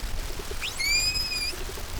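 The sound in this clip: Whale whistle: one tonal call that sweeps upward, then holds nearly level for under a second, with clear overtones, above a faint low rumble.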